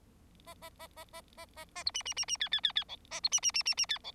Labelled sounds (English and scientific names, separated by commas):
Bengalese Finch (Lonchura striata domestica) song